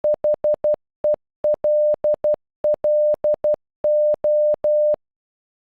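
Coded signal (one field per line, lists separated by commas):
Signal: Morse code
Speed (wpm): 12 wpm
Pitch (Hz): 600 Hz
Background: none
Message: HELLO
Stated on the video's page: Computer-generated Morse audio for "Hello" from an online translator, showing timing and rhythm.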